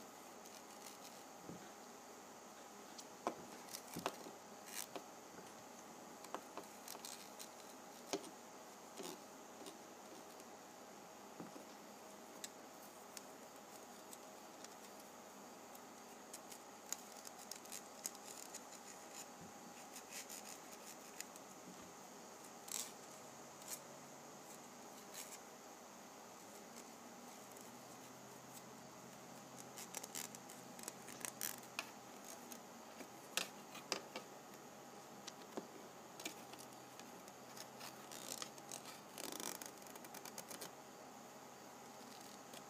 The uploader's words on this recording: ASMR Penny Ridge Rubbing.